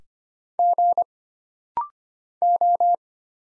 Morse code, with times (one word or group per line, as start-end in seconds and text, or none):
0.6-1.0 G
2.4-3.0 O